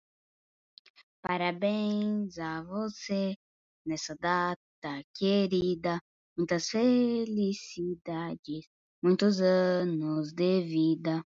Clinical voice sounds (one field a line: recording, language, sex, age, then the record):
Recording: short text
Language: Brazilian Portuguese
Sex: female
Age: 40 to 49 years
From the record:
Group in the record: control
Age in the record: 47 years